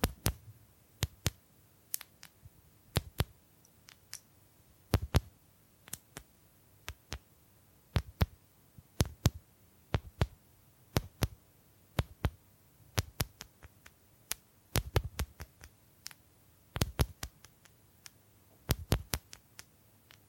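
Bamboo is tapped in sharp, dry knocks that crack from low to bright, coming a few times a second in an uneven rhythm, often in quick pairs or small clusters. Between the taps there is near silence with a faint low hum underneath.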